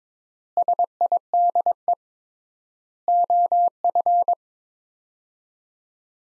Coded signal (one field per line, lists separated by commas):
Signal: Morse code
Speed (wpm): 22 wpm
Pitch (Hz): 700 Hz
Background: none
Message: SIDE OF